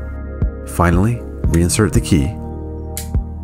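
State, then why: Seated. Over a steady musical background, someone talks, then the metal emergency key blade is slid back into the plastic key fob housing of a 2013–2018 Hyundai Santa Fe car remote after the battery change. It locks in place with a satisfying click at 3.0 s, so the blade is seated.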